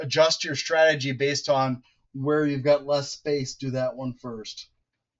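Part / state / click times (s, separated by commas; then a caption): CPU power cable plug into motherboard header / not seated / none. A CPU power cable plug is handled near the motherboard header beside the heat sink while someone talks, with no distinct click heard. Nothing has seated or clicked yet in this clip.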